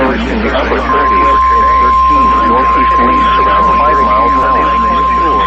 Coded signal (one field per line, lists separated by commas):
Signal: Emergency Alert System (SAME) tones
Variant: 1050 Hz attention tone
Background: speech